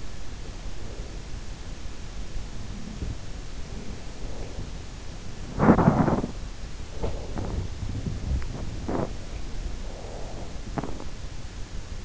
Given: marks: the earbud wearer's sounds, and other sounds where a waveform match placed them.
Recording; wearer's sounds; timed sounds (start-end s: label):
sounds in sleep by an in-ear microphone; breath, body movement
0.40-1.17 s: breath
2.37-3.21 s: breath
3.56-12.05 s: body movement